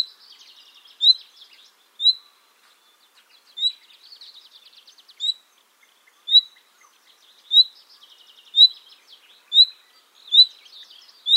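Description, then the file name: Common nightingale singing, with bright clipped notes roughly every second between quieter chattering passages and short rattling phrases. "Luscinia megarhynchos"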